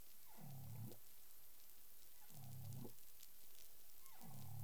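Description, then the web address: Humpback whale giving three deep, groaning moans, each opening with a brief downward sweep, spaced roughly two seconds apart against continuous underwater hiss. Caribbean, 13 February 2021, 10:11 UTC. "CARIMAM. humpback whale 20210213 101128 UTC"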